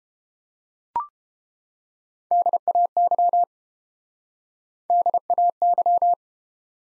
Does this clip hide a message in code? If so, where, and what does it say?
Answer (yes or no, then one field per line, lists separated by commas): yes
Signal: Morse code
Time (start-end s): 2.3-6.1 s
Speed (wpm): 30 wpm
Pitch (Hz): 700 Hz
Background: none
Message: DAY DAY